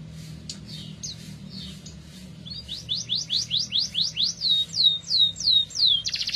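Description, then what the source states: Atlantic canary song: soft scattered notes build into repeated loud swooping whistles, roughly three per second, ending in a brief buzzy trill. F1 canary; therapy recording meant for a canary that has stopped singing.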